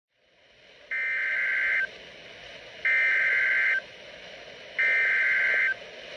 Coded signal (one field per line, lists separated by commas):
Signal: Emergency Alert System (SAME) tones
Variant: header bursts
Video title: (RARE) EAS DUST STORM WARNING in Illinois.. again! | NOAA Weather Radio WXJ75 (4/16/24)